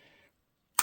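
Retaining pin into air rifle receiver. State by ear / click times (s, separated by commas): seated / 0.8 s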